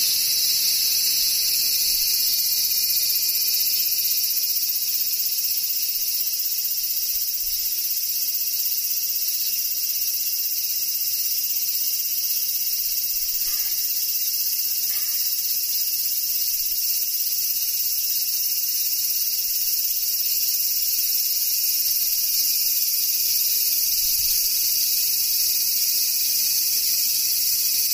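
Cicadas drone without a break for the whole clip, a dense, bright, hissing buzz that stays at one level from start to finish. Very little sits underneath, only a few faint soft knocks around the middle and again near the end.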